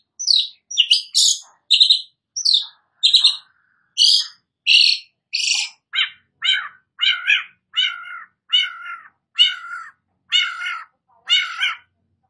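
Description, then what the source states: Long-tailed shrike song: squeaky high notes, then lower rasping chirps repeated steadily. Singing vigorously (gacor).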